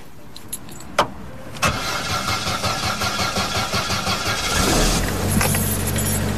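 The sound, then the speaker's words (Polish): A small 1.4-litre LPG-converted car engine in Poland cranks with a rapid, rhythmic whirring after a couple of sharp clicks, then catches and settles into a steady, low idle with a faint high whine. “Pojemność 1,4. Oczywiście zagazowana, jak to w Polsce.”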